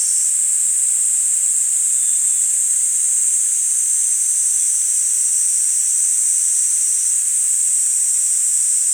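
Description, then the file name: Kaempfer cicada song, a sustained high-pitched rasping hiss, unbroken and steady in loudness from start to finish. "Platypleura kaempferi"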